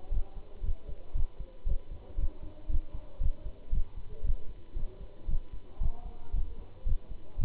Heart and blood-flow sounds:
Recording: heart sounds by stethoscope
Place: between the tricuspid and mitral areas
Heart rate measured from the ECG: 116 bpm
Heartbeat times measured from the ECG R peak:
0.12 s: heartbeat
0.64 s: heartbeat
1.15 s: heartbeat
1.67 s: heartbeat
2.18 s: heartbeat
2.70 s: heartbeat
3.21 s: heartbeat
3.73 s: heartbeat
4.25 s: heartbeat
4.76 s: heartbeat
5.29 s: heartbeat
5.81 s: heartbeat
6.34 s: heartbeat
6.87 s: heartbeat
7.39 s: heartbeat
From the record:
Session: Bruce protocol treadmill stress test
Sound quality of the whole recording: good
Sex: male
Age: 25 years

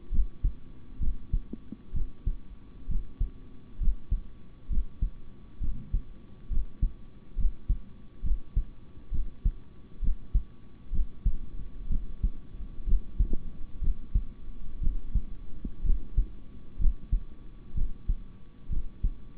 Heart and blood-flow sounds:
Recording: heart sounds by stethoscope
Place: between the tricuspid and mitral areas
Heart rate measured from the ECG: 65 bpm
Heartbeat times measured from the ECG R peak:
0.11 s: heartbeat
0.99 s: heartbeat
1.93 s: heartbeat
2.88 s: heartbeat
3.79 s: heartbeat
4.69 s: heartbeat
5.60 s: heartbeat
6.49 s: heartbeat
7.36 s: heartbeat
8.22 s: heartbeat
9.11 s: heartbeat
10.01 s: heartbeat
10.91 s: heartbeat
11.89 s: heartbeat
12.85 s: heartbeat
13.80 s: heartbeat
14.80 s: heartbeat
15.83 s: heartbeat
16.78 s: heartbeat
17.74 s: heartbeat
18.69 s: heartbeat
From the record:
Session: rest, sitting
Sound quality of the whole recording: good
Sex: male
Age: 26 years

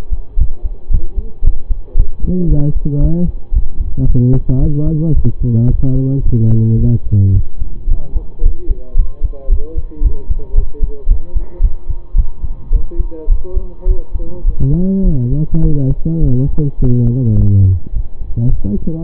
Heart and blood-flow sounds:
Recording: heart sounds by stethoscope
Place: between the tricuspid and mitral areas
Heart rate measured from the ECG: 109 bpm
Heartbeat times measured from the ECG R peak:
0.37 s: heartbeat
0.90 s: heartbeat
1.42 s: heartbeat
1.95 s: heartbeat
2.47 s: heartbeat
3.00 s: heartbeat
3.52 s: heartbeat
4.05 s: heartbeat
4.59 s: heartbeat
5.13 s: heartbeat
5.67 s: heartbeat
6.22 s: heartbeat
6.77 s: heartbeat
7.32 s: heartbeat
7.87 s: heartbeat
8.41 s: heartbeat
8.95 s: heartbeat
9.48 s: heartbeat
10.01 s: heartbeat
10.54 s: heartbeat
11.07 s: heartbeat
11.60 s: heartbeat
12.15 s: heartbeat
12.71 s: heartbeat
13.28 s: heartbeat
13.86 s: heartbeat
14.44 s: heartbeat
15.03 s: heartbeat
15.62 s: heartbeat
16.20 s: heartbeat
16.78 s: heartbeat
17.35 s: heartbeat
17.92 s: heartbeat
18.48 s: heartbeat
19.03 s: heartbeat
From the record:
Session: pedaling a stationary bicycle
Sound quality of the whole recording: saturated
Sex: male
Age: 25 years

